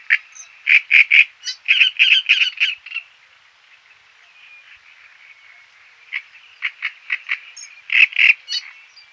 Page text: Great Reed Warbler Song - Quick Sounds